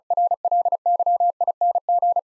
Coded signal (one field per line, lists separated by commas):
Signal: Morse code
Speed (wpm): 36 wpm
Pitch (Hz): 700 Hz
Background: none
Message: RLYING